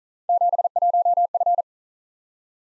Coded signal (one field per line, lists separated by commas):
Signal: Morse code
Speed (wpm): 41 wpm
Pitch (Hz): 700 Hz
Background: none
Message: 71F